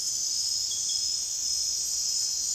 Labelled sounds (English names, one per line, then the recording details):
none
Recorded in dense forest near Puerto Asís, Putumayo, Colombia, on 29 June 2025 at 00:30
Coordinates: 0.468, -76.322
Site GP03